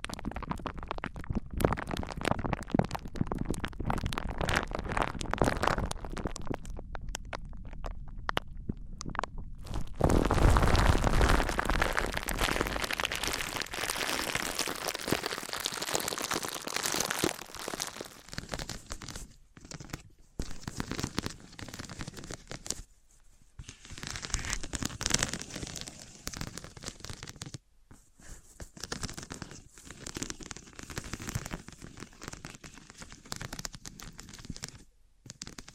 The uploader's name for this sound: Wood vs Cork, Sponge vs Foam, Glass vs Plastic